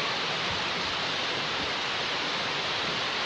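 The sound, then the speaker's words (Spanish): Steady rainfall in Chiapas during an outdoor gathering makes a dense, unbroken hiss that stays even throughout, with a faint low rumble underneath and no voices or distinct drops standing out. “Está lloviendo aquí en Chiapas.”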